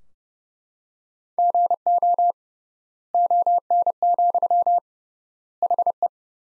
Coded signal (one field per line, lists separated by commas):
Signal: Morse code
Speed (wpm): 32 wpm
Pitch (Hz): 700 Hz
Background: none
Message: GO ON, HE